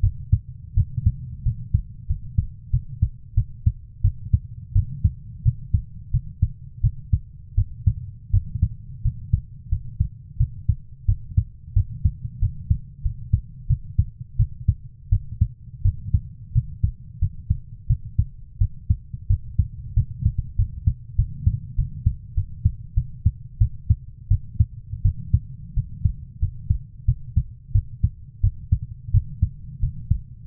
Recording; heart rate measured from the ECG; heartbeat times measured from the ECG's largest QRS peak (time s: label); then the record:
heart sounds by stethoscope; 89 bpm
0.01 s: heartbeat
0.74 s: heartbeat
1.43 s: heartbeat
2.07 s: heartbeat
2.71 s: heartbeat
3.35 s: heartbeat
4.02 s: heartbeat
4.73 s: heartbeat
5.43 s: heartbeat
6.11 s: heartbeat
6.81 s: heartbeat
7.55 s: heartbeat
8.31 s: heartbeat
9.02 s: heartbeat
9.69 s: heartbeat
10.37 s: heartbeat
11.06 s: heartbeat
11.74 s: heartbeat
12.40 s: heartbeat
13.03 s: heartbeat
13.67 s: heartbeat
14.37 s: heartbeat
15.10 s: heartbeat
15.82 s: heartbeat
16.53 s: heartbeat
17.19 s: heartbeat
17.87 s: heartbeat
18.58 s: heartbeat
19.27 s: heartbeat
19.94 s: heartbeat
20.56 s: heartbeat
21.16 s: heartbeat
21.76 s: heartbeat
22.35 s: heartbeat
22.94 s: heartbeat
23.58 s: heartbeat
24.28 s: heartbeat
25.02 s: heartbeat
25.74 s: heartbeat
26.39 s: heartbeat
27.05 s: heartbeat
27.72 s: heartbeat
28.41 s: heartbeat
29.11 s: heartbeat
29.80 s: heartbeat
30.44 s: heartbeat
From the record:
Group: healthy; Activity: cold pressor test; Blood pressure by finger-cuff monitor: 119/74 mmHg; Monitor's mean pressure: 94 mmHg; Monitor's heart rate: 87 bpm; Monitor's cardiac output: 7.3 L/min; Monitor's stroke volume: 83 mL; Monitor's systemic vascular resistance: 960 dyn s/cm5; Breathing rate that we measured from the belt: 16 breaths a minute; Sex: female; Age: 24 years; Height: 163 cm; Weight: 55.7 kg